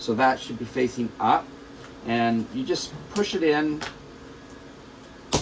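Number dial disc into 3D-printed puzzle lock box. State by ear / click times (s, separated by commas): seated / 5.3 s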